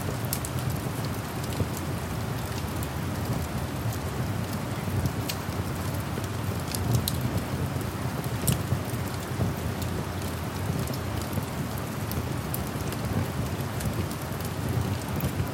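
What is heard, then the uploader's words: Rain falls steadily at night, a dense, even hiss over a deep, constant rumble. Sharp crackles and pops break through every second or so, scattered irregularly across the whole stretch, while the overall loudness stays level throughout. Campfire & Rain at Night.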